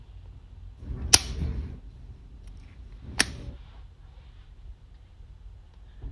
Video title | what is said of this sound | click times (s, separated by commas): How To Inject Mounjaro! Super Easy and Painless! #shorts | once you push it you'll hear two clicks foreign then | 1.1 s, 3.2 s